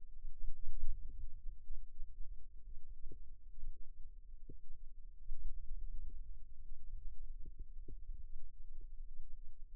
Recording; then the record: forearm muscle sounds (acoustic myography)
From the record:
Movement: wrist flexion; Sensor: system 2, bracelet of six BSWA MPA416 microphones around the upper forearm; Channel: 5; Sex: female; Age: 22 years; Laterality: right